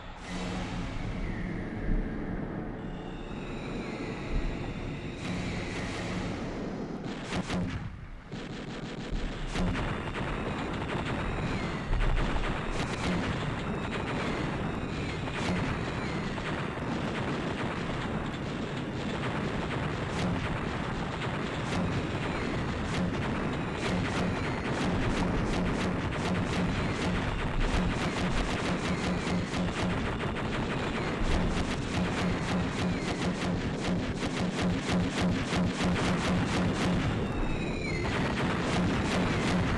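Gunfire and bombs fill a dense, continuous battle din that stays loud for the whole stretch. Rapid bursts of shots crackle through a low rumbling roar, with a brief lull near eight seconds before the clatter thickens again and keeps churning steadily to the end.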